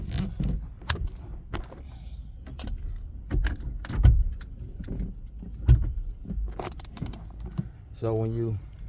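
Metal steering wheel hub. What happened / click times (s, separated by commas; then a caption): Handled, not yet home: the wheel has not clicked in yet / none. A quick-release steering wheel is handled and pushed toward its steering hub in a '99 Cobra, with scattered clicks, taps and rattles while someone talks briefly. A sustained pitched tone rises near the end. The clip stops before the wheel goes home, so nothing has seated or clicked in yet.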